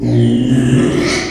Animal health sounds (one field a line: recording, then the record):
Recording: squeal of a Yucatan mini pig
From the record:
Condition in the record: after surgery on the right vocal fold (resection and tissue-engineered implant)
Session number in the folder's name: 2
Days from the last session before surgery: 13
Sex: male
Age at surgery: 12 weeks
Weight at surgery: 13 kg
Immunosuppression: cyclosporine, prednisolone